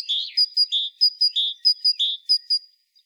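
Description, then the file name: Great tit repeating a ringing three-note phrase, a lower whistled note followed by two sharp high notes, four times in quick, even succession. "Parus major"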